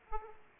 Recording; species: mosquito wingbeat signal from an infrared sensor; Aedes aegypti